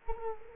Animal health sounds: mosquito wingbeat signal from an infrared sensor; Culex quinquefasciatus

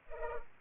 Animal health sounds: mosquito wingbeat signal from an infrared sensor; Culex pipiens

